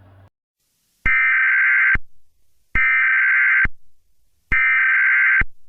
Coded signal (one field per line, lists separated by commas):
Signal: Emergency Alert System (SAME) tones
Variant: header bursts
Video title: JBS - EAS Aircheck (2-JUN-2024)